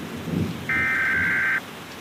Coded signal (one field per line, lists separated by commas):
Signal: Emergency Alert System (SAME) tones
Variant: header bursts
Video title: EAS scenario 1(and 2): Andy-Nado & Andy gets mad